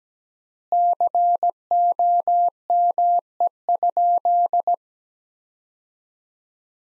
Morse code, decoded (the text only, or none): COME?